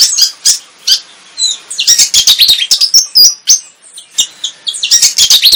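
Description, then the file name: Flycatcher song: loud, hurried stream of high chirps, clicks and short whistled slurs delivered almost without pause. Indonesian 'tembakan' (rapid-fire burst) song style; bird described as 'gacor', singing vigorously. "suara tembakan sikatan jawa gacor"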